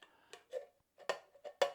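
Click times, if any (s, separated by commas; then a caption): none. An old-style manual can opener is pressed onto the rim of a tin can in a series of short, sharp metallic clicks and scrapes, the loudest near 1.1 s and 1.6 s. The opener tends to come straight off and does not lock in, which is why it goes wrong, so nothing has seated or clicked into place yet.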